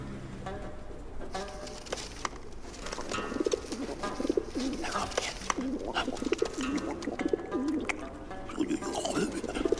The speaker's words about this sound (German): Ich erhöhe das Angebot. Sofort kommen mehr Tauben angeflogen. Klarer Kausalzusammenhang. Erst ziehen meine 2 Balkonbesucher 3 weitere Genossen an.